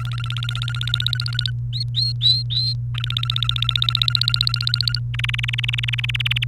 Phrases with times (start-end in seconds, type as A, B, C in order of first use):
0.00-1.50 A, 1.73-2.73 B, 2.94-4.99 A, 5.14-6.44 C